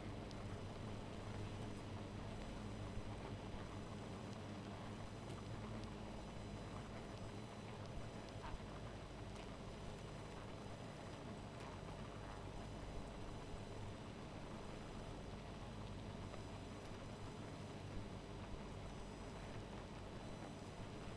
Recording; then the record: honeybee colony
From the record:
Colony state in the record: missing queen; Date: 14 July 2017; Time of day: 0:29